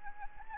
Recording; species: mosquito wingbeat signal from an infrared sensor; Anopheles arabiensis